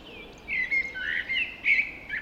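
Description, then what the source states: Birds singing, several short clear whistled notes and warbles in quick succession against a quiet background. Dawn chorus recorded just after dawn in the Forest of Dean.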